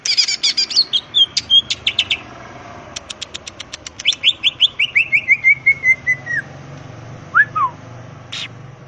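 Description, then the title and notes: Greater green leafbird song: fast rolling whistles and dry ticks lead into a long descending chain of rapid chirps, ending with two slurred notes; low hum throughout. Vigorously singing (gacor) bird in ngentrok style with crest raised (jambul nembak); recording intended as a master track for training other greater green leafbirds. "Cucak Ijo Gacor Ngentrok Jambul Nembak. suara burung cucak ijo gacor, merdu cocok buat masteran burung cucak ijo"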